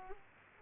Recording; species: mosquito wingbeat signal from an infrared sensor; Culex quinquefasciatus